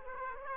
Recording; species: mosquito wingbeat signal from an infrared sensor; Aedes aegypti